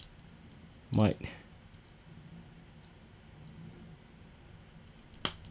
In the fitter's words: there we go nice click